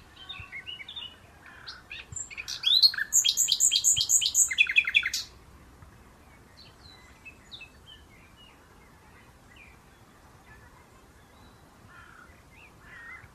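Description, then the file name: Common nightingale song: a loud burst of rapid, rattling trills and sharp repeated notes, then quieter scattered chirps. "Luscinia megarhynchos"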